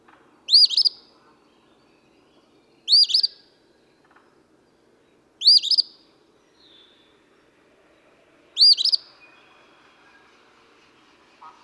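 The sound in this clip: Eastern phoebe song: a crisp, buzzy two-syllable phrase given four times, spaced about two to three seconds apart.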